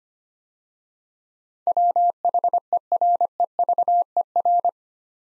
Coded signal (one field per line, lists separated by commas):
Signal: Morse code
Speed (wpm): 25 wpm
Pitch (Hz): 700 Hz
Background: none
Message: WHEREVER